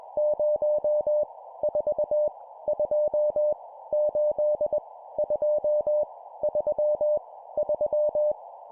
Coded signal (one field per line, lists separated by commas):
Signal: Morse code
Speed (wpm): 21 wpm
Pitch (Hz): 600 Hz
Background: none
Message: 0 4 2 8 2 3 3